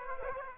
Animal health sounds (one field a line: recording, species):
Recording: mosquito wingbeat signal from an infrared sensor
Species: Aedes aegypti